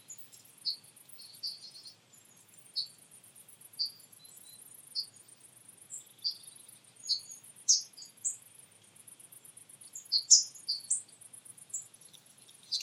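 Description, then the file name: Marsh tit calling: brisk high chip notes repeated irregularly, with a constant faint high buzzing behind. "Poecile palustris"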